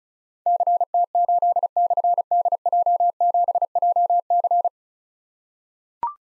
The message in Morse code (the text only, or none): CT8/DJ7JC